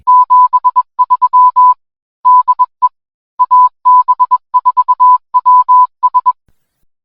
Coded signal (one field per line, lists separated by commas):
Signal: Morse code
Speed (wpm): 21 wpm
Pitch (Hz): 1000 Hz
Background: none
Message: 73 DE AB4WS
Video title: AB4WS RADIO SHOW 2025 03 21